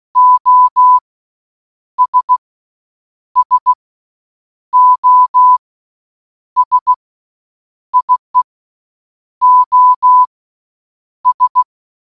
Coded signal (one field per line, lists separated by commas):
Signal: Morse code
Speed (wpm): 16 wpm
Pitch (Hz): 1000 Hz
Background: none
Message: OS SOS IE OS